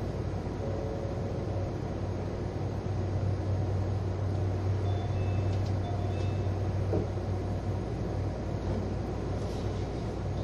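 Inside the green car, the engine and motor hum together as a steady, even drone with a strong low rumble that barely changes over the ten seconds. Faint short tones and light ticks surface now and then, around the middle and near the end.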